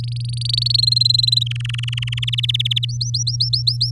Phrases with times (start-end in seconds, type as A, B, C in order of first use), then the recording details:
0.00-0.64 A, 0.66-1.43 B, 1.46-2.25 C, 2.27-2.85 D, 2.89-3.91 E. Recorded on 3 May 2018 at 18:28. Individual llb16